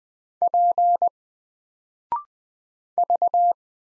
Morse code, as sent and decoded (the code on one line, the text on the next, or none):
.--. / ...-
P V